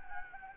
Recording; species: mosquito wingbeat signal from an infrared sensor; Anopheles gambiae